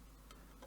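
The clear plastic roof window panel of a Fanhome KITT Knight Rider scale model car (stages 87 to 90) is pressed into its roof opening on the second side and pops into place with a sharp, bright click at 0.3 s, followed by a softer knock at 0.6 s over a quiet background. The window is seated.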